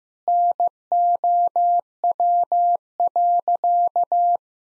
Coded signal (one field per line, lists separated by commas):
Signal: Morse code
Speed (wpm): 15 wpm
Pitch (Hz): 700 Hz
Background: none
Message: NOW.